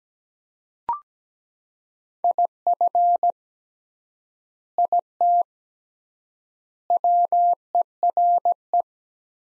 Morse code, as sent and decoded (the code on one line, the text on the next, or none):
.. ..-. / .. - / .-- . .-. .
IF IT WERE